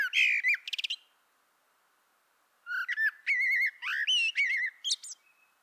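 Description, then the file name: Common blackbird song: a brief whistle and high twitter, a pause, then a longer phrase of wavering whistles mixed with shrill squeaky notes. "Turdus merula"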